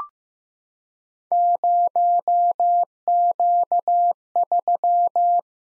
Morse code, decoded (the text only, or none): 0Q3